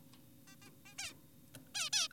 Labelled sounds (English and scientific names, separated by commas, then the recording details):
Zebra Finch (Taeniopygia guttata)
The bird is an adult
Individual g4p5U